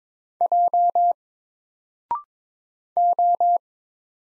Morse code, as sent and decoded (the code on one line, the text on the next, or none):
.--- / ---
J O